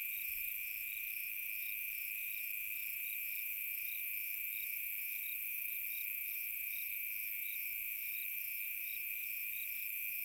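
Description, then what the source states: Cricket chorus with an unbroken high trill and evenly spaced pulsing chirps running through the whole stretch. Recorded on a summer night.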